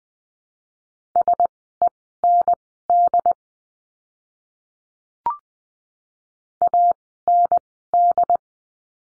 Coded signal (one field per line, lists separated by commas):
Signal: Morse code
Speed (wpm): 20 wpm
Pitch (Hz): 700 Hz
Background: none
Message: SEND AND